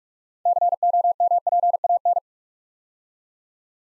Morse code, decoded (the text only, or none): COMPAN